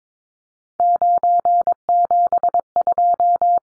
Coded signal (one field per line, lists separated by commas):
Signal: Morse code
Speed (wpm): 22 wpm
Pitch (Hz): 700 Hz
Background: none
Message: 972